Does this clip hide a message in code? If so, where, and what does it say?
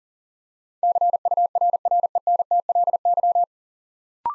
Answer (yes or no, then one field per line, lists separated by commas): yes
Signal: Morse code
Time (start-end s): 0.8-3.4 s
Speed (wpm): 37 wpm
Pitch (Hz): 700 Hz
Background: none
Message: CURRENTLY